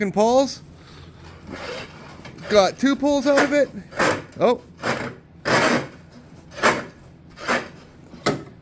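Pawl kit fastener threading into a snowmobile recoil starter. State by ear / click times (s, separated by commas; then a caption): stripped / 8.3 s. While fitting a new pawl kit into the recoil starter of a 1977 Ski-Doo Everest 440 snowmobile, someone turns the metal pawl screw as rubbing, rasping sounds mix with talking. A single sharp hit lands at 8.3 s. The fastener has stripped out the moment it was put in.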